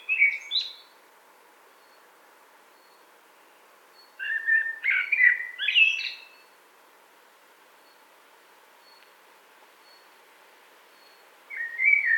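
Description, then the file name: Common blackbird song, a brief high flourish, then a long pause before a mellow warbled phrase ending in squeaky notes, and another phrase starting at the end. "CHyornyj drozd - Turdus merula"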